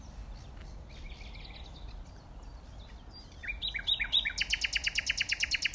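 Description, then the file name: Common nightingale song: soft scratchy notes, then louder chirps and a loud, fast, evenly repeated series of sharp high notes at the end. "Luscinia megarhynchos"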